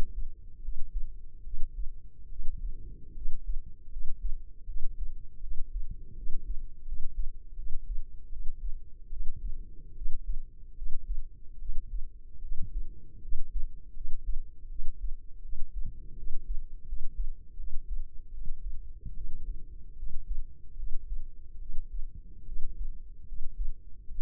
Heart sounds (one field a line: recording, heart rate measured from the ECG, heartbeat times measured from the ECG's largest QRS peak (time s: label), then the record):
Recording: heart sounds by microphone in the left ear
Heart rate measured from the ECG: 77 bpm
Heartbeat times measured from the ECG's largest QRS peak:
0.59 s: heartbeat
1.41 s: heartbeat
2.27 s: heartbeat
3.12 s: heartbeat
3.87 s: heartbeat
4.63 s: heartbeat
5.38 s: heartbeat
6.13 s: heartbeat
6.83 s: heartbeat
7.53 s: heartbeat
8.27 s: heartbeat
9.07 s: heartbeat
9.92 s: heartbeat
10.73 s: heartbeat
11.56 s: heartbeat
12.38 s: heartbeat
13.18 s: heartbeat
13.91 s: heartbeat
14.66 s: heartbeat
15.39 s: heartbeat
16.13 s: heartbeat
16.83 s: heartbeat
17.54 s: heartbeat
18.28 s: heartbeat
19.12 s: heartbeat
19.93 s: heartbeat
20.73 s: heartbeat
21.56 s: heartbeat
22.42 s: heartbeat
23.23 s: heartbeat
24.05 s: heartbeat
From the record:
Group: healthy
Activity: rest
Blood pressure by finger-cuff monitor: 119/67 mmHg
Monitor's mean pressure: 86 mmHg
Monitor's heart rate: 75 bpm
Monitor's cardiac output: 7.6 L/min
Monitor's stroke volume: 98 mL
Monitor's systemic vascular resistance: 820 dyn s/cm5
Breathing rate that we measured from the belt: 18 breaths a minute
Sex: female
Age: 23 years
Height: 160 cm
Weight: 50.4 kg